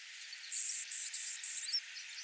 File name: Spizella pallida - Clay-colored Sparrow